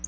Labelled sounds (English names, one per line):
Black-throated Blue Warbler flight call